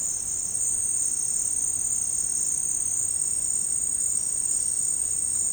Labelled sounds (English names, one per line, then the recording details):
none
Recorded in secondary vegetation near Puerto Asís, Putumayo, Colombia, on 24 March 2025 at 13:30
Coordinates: 0.502, -76.326
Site G100